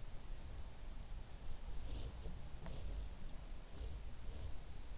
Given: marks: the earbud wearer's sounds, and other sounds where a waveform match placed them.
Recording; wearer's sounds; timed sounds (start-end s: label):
sounds in sleep by an in-ear microphone; breath
1.83-2.99 s: breath